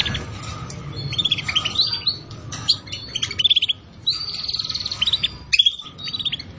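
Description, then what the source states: Canary song of rapid pulsed trills and chattering phrases in repeated bursts, a long buzzy roll in the middle, low hum beneath. Canary song used as a lure (pikat) to attract birds.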